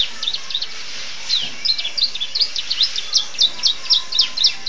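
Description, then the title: Oriental magpie-robin giving a fast series of varied, high, sharp notes. "Kicau Kacer"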